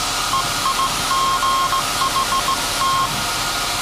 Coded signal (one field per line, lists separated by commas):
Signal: Morse code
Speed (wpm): 17 wpm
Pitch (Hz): 1070 Hz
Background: none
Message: EIGHT